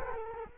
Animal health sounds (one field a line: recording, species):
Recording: mosquito wingbeat signal from an infrared sensor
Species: Culex quinquefasciatus